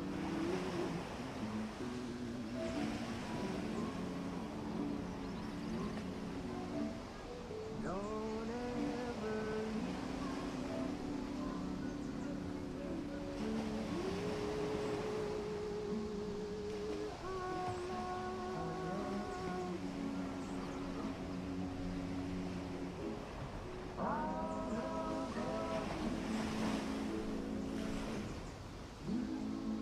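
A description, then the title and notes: Ocean waves keep up a steady, dense wash for the full half minute while seagulls call almost constantly on top. Their cries come as overlapping drawn-out and rising squawks, clustering around 8, 14 to 19, and 24 to 27 seconds. Ocean waves w/ birds, seagulls.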